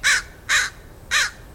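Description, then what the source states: American crow gives three harsh, hoarse caws. Crows call, whereas ravens croak.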